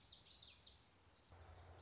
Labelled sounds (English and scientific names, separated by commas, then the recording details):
Common Yellowthroat (Geothlypis trichas)
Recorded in Sonoma County, California